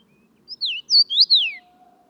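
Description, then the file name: Common rosefinch song: a short phrase of four or five clear whistled notes, sliding down and up, lasting about a second, with a faint steady low tone after it. "Rosenfink"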